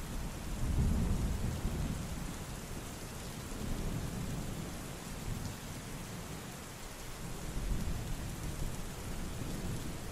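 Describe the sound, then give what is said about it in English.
Steady rain hisses across a broad band while low, rolling thunder swells and rumbles beneath it, peaking early and again near the end. No voices are present. “The giant was disappearing into the storm.”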